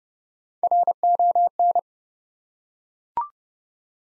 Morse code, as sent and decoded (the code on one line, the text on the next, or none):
.-. --- -.
RON